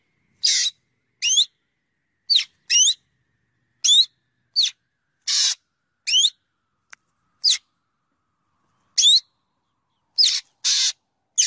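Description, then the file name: Black drongo calls: a long irregular run of ringing upslurred whistles and scratchy buzzes, roughly one to two each second, with a single faint click. "Tieng chim Cheo Beo"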